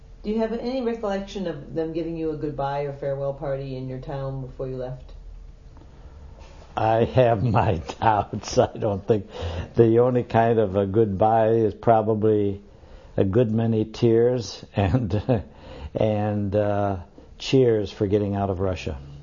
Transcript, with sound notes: Do you have any recollection of them giving you a goodbye or a farewell party in your town before you left?
I have my doubts. ( he laughs ) I don't think, the only kind of a goodbye is probably a good many tears and cheers for getting out of Russia.